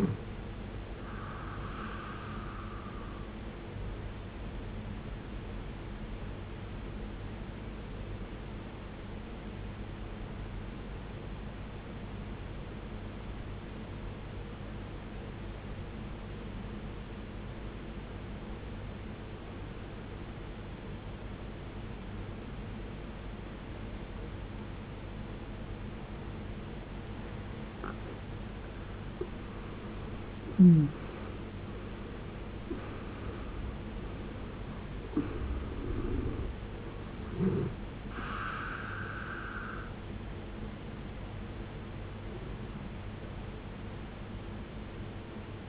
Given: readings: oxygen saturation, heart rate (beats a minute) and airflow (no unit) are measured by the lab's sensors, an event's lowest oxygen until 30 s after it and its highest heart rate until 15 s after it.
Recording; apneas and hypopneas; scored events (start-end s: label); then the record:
breathing in sleep by a voice recorder at the bedside; 1
7.00-37.00 s: new sleep stage, N2 (light sleep)
9.00-28.90 s: obstructive apnea (N2, oxygen 94% highest, then 79% lowest, heart rate 56 at the start, 75 highest)
37.00-45.69 s: new sleep stage, N1 (lightest sleep)
From the record:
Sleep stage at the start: N1 (lightest sleep); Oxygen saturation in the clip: 76 to 94%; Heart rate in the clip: 50 to 75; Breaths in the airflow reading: 5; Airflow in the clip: -16.0 to 18.5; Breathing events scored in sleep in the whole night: 389 in 6.3 hours asleep